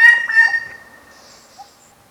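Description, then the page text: White-bellied treepie call: two rasping, harmonic-rich notes at the start, fading into a thin sustained tone, then a single soft low note. "White-Bellied Treepie Call. Quick Sounds"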